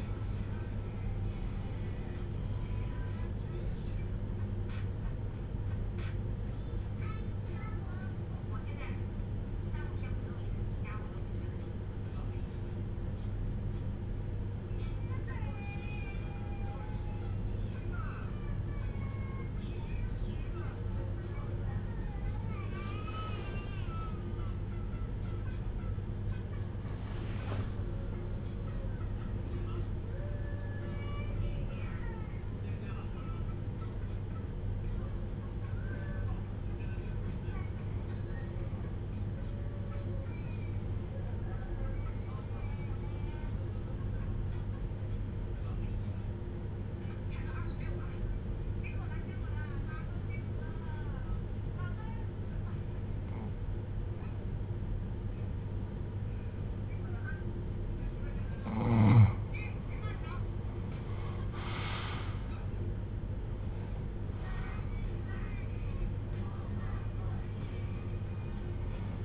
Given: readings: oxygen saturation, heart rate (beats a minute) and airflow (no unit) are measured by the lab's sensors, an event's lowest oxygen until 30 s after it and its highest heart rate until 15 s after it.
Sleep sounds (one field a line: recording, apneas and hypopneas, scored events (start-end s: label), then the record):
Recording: breathing in sleep by a smartphone at the bedside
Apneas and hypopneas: 1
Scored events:
9.00-62.90 s: hypopnea (N2, oxygen 96% highest, then 86% lowest)
From the record:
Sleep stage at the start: N2 (light sleep)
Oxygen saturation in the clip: 89 to 96%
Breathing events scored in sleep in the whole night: 310 in 8.1 hours asleep